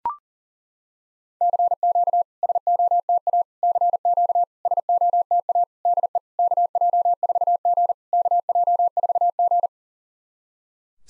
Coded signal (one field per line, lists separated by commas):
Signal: Morse code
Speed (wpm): 40 wpm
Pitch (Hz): 700 Hz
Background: none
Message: CQ SOTA CQ SOTA DE KJ4G KJ4G